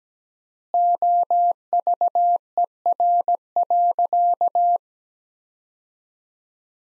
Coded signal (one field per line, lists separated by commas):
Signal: Morse code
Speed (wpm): 17 wpm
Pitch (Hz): 700 Hz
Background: none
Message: OVER.